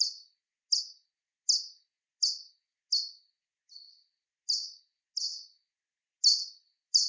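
Soprano pipistrelle echolocation pulses, short chirps that trail off, repeated about every three-quarters of a second, one weaker pulse midway, against silence.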